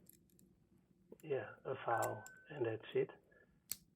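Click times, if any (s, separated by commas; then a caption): 3.7 s. A compact folding locking-plier multitool is handled while someone talks, and a part of it locks into its open position. A single sharp tick is heard at 3.7 seconds as the component seats firmly in place.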